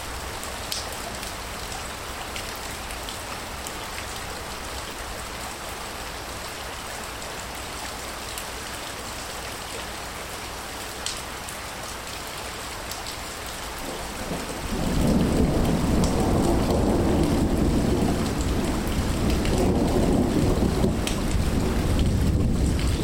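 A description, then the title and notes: Tropical rain falls in a steady, even hiss for the first fourteen seconds, with a few faint taps scattered through it. Around fifteen seconds it swells into a heavy downpour, much louder and fuller in the low end, and stays that way to the end. Tropical Rain & Rolling Thunder. The rain changes to a downpour, water collecting around your boots. July in Mexico is rainy season. So, I went out into the forest and recorded a thunder storm.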